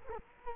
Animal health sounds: mosquito wingbeat signal from an infrared sensor; Culex quinquefasciatus

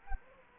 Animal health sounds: mosquito wingbeat signal from an infrared sensor; Culex quinquefasciatus

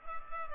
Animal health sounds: mosquito wingbeat signal from an infrared sensor; Culex pipiens

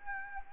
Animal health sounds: mosquito wingbeat signal from an infrared sensor; Anopheles arabiensis

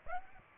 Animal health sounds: mosquito wingbeat signal from an infrared sensor; Aedes aegypti

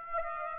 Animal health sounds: mosquito wingbeat signal from an infrared sensor; Aedes aegypti

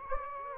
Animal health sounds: mosquito wingbeat signal from an infrared sensor; Anopheles gambiae

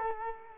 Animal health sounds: mosquito wingbeat signal from an infrared sensor; Culex quinquefasciatus

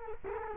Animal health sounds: mosquito wingbeat signal from an infrared sensor; Culex quinquefasciatus

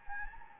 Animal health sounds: mosquito wingbeat signal from an infrared sensor; Anopheles gambiae

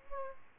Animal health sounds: mosquito wingbeat signal from an infrared sensor; Aedes albopictus

